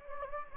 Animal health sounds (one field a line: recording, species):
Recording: mosquito wingbeat signal from an infrared sensor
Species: Anopheles gambiae